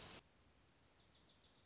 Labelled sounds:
Wilson's Warbler
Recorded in Sonoma County, California

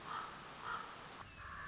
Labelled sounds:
Common Raven
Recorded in Sonoma County, California

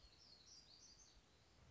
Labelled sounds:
Black-throated Gray Warbler
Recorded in Sonoma County, California

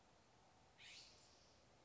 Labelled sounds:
California Scrub-Jay
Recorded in Sonoma County, California

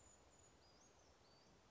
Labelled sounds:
Western Flycatcher
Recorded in Sonoma County, California

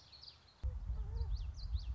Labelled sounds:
Common Yellowthroat
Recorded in Sonoma County, California

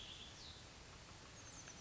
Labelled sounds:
Oak Titmouse
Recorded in Sonoma County, California

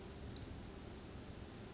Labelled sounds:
Western Flycatcher
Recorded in Sonoma County, California

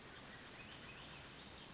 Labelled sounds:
Western Flycatcher
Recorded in Sonoma County, California

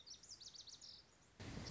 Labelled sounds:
Lazuli Bunting
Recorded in Sonoma County, California

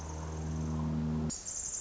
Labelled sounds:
Pacific Wren
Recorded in Sonoma County, California

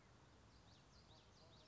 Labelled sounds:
Common Yellowthroat
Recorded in Sonoma County, California

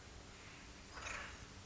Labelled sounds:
Acorn Woodpecker
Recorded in Sonoma County, California

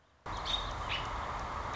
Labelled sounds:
American Robin
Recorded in Sonoma County, California

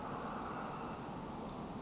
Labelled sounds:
Western Flycatcher
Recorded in Sonoma County, California

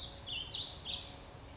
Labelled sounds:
Warbling Vireo
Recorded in Sonoma County, California

